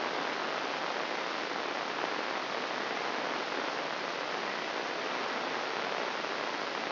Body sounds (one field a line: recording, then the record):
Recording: brain microelectrode recording played as sound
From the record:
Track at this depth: inside the subthalamic nucleus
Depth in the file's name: 1.912 mm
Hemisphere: left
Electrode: 3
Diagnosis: Parkinson's disease